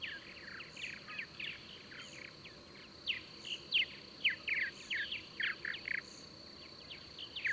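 Bird giving a long run of quick chirps, softer at first then louder and sharper, accompanied by a continuous high hum and gentle regular pulses.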